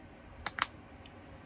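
The flap of a small Coach Pennie card case/coin purse in khaki and redwood signature coated canvas is closed, and its magnetic brass snap studs meet. A sharp click at 0.5 s is followed by a louder, brighter snap at 0.6 s as the studs snap shut, then a faint tick at 1.1 s. The closure is seated.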